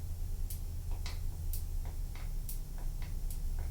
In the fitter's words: You can hear the click inside there.